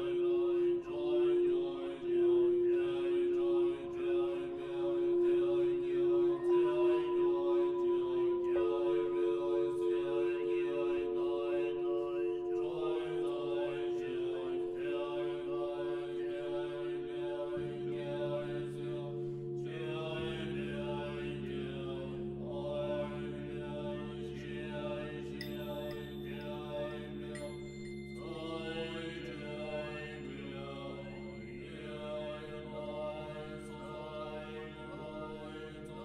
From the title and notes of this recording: Meditation on Reality - with Buddhist Chants and Singing Bells.